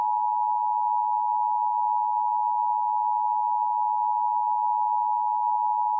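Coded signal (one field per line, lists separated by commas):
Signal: Emergency Alert System (SAME) tones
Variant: 853 and 960 Hz attention tone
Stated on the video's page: Fictional scenario alert with valid tones, carried on Xfinity and Spectrum cable.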